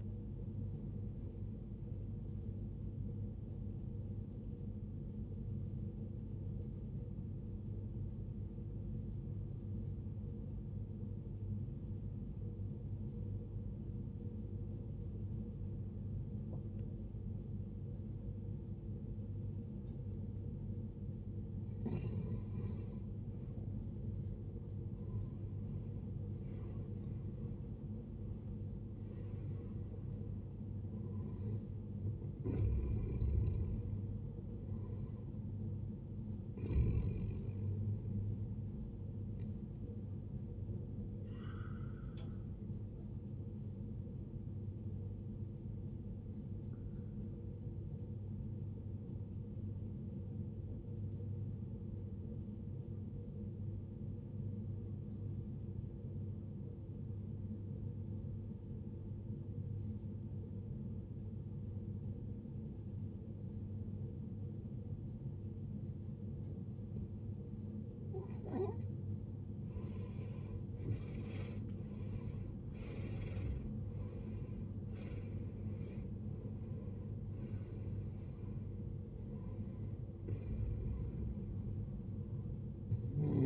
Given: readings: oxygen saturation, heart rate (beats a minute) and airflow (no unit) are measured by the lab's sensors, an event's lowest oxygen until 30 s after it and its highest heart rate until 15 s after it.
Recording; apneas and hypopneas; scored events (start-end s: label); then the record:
breathing in sleep by a smartphone at the bedside; 2
8.00-22.50 s: obstructive apnea (N1, oxygen 94% highest, then 83% lowest, heart rate 62 at the start, 79 highest)
14.00-74.00 s: new sleep stage, N2 (light sleep)
49.00-66.40 s: obstructive apnea (N2, oxygen 95% highest, then 77% lowest, heart rate 66 at the start, 78 highest)
74.00-83.46 s: new sleep stage, N1 (lightest sleep)
From the record:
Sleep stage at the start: N1 (lightest sleep); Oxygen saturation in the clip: 79 to 95%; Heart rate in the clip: 53 to 79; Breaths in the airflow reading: 11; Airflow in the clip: -17.1 to 19.1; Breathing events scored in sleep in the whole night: 389 in 6.3 hours asleep